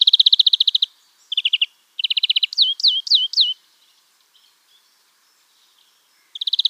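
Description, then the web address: European greenfinch song: rapid rattling trills at varying pitch, then four sharp downslurred whistles, a pause, and another trill starting up. "Schulze Peter European Greenfinch song"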